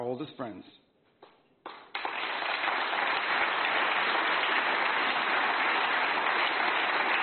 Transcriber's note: applause